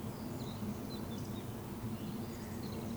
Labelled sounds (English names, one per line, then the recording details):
Eurasian Woodcock
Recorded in Baden-Württemberg, Germany, on 16 June 2020 at 19:42 UTC
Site 14569, 102 m above sea level